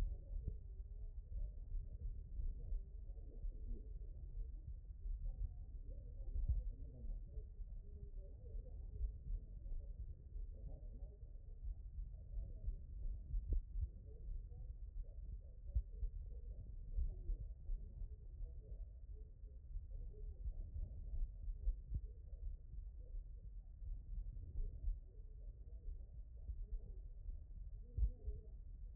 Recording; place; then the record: heart sounds by stethoscope; aortic valve (AV)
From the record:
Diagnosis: non-HFrEF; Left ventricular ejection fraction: 62%